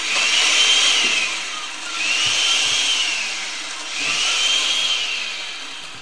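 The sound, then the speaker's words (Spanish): A blender motor whirs loudly in three surging pulses, its high whine rising and dipping as peeled, cubed apples, lemon juice and water are chopped and blended into apple juice, with no voices over it. “Exprimir el limón y poner todo en la licuadora.”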